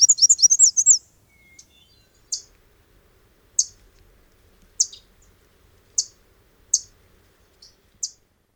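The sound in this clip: Black-and-white warbler singing a brief burst of very high, thin, squeaky repeated notes, then several sharp, isolated chip notes.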